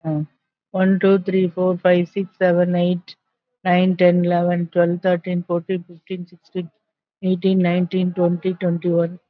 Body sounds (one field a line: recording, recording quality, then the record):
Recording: counting at a normal pace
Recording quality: excellent, no background noise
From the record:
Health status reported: COVID-19 positive, mild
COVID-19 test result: positive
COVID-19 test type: RT-PCR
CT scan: not taken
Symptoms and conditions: hypertension, diabetes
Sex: female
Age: 57 years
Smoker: no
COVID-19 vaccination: none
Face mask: not worn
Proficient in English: no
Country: India